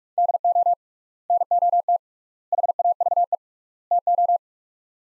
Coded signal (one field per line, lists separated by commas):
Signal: Morse code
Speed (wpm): 47 wpm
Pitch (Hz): 700 Hz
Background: none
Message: DO NOT HAVE TO